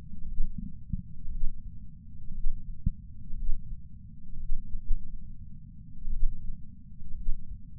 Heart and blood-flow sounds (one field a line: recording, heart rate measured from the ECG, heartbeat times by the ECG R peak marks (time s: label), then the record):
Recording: heart sounds by patch sensor on the chest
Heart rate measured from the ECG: 61 bpm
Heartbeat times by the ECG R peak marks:
0.26 s: heartbeat
1.29 s: heartbeat
2.32 s: heartbeat
3.34 s: heartbeat
4.38 s: heartbeat
4.84 s: heartbeat
6.09 s: heartbeat
7.15 s: heartbeat
From the record:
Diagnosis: coronary artery disease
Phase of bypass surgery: preoperative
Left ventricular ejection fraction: 61.1%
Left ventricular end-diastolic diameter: 60 mm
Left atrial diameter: 40 mm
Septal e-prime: 7.9 cm/s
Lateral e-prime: 9.6 cm/s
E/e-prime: 7.5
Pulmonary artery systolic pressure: 34 mmHg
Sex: male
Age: 65 years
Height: 168 cm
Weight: 73 kg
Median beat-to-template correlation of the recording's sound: 0.92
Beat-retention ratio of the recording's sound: 1.00